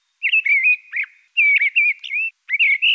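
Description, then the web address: Mistle thrush giving short, clear whistled notes in quick warbled bursts, repeated in three groups with brief pauses between them. "Turdus viscivorus"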